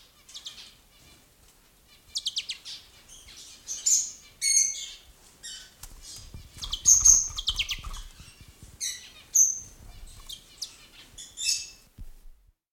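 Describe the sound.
Bourke's parrot calling: clusters of high chirps and squeaky twitters come in irregular bursts, with faint low rustling beneath.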